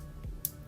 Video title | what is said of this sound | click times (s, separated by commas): ThorBolt Fingerprint Door Lock with Keypad (M1 & MD1) | just like so it only goes one way and snaps into place | 0.5 s